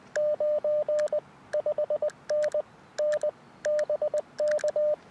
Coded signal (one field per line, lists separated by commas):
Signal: Morse code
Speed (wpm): 20 wpm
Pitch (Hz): 610 Hz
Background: radio noise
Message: 9 5NN BK